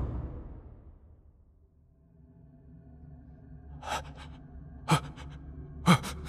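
Anxious, ragged breaths in a quiet prison: three sharp gasping pants about a second apart, each one louder, following a low rumble that fades into near silence. No one speaks.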